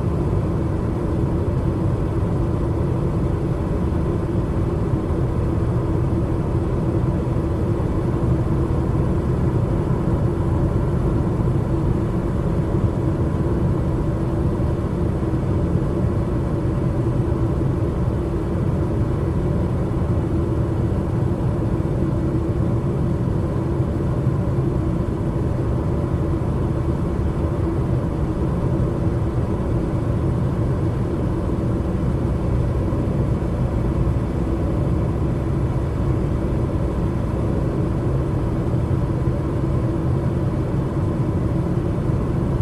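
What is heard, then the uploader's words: Steady car driving noise, a dense, even rumble heard from inside the vehicle. The sound is heavy in the low end with a faint hum riding above it, and it holds unchanged for the whole stretch with no distinct events or pauses. White Noise Car Driving Sounds.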